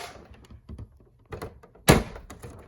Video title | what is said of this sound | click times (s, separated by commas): Thermocore Minisplit Cleaning SD 480p | All right, I got that snapped back in. | 1.9 s